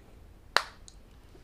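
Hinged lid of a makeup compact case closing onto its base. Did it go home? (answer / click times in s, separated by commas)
yes / 0.6 s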